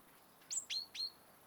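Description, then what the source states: European robin giving three thin, high notes, each rising sharply then held level, the first highest. Autumn song of the robin, which resumes singing in autumn as northern migrants arrive.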